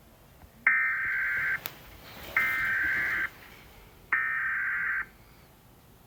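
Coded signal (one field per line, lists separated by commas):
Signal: Emergency Alert System (SAME) tones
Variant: header bursts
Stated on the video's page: Fictional EAS scenario with simulated alert tones.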